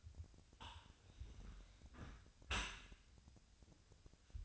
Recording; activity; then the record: daily activity, microphone in the room; close dishwasher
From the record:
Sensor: 2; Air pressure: 1006.6 hPa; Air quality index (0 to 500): 202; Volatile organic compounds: 14 ppm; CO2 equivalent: 2476 ppm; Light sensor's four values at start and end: 9/21/9/9 and 9/21/9/9